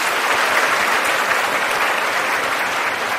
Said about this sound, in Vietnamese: Cho nên đó là một cái điều rất là quý, thì xin quý vị hãy cho giáo sư một tràng pháo tay nữa.